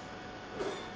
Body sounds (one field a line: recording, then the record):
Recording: coughing mixed with background sound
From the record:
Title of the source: Mid-morning Winter Coughing Fit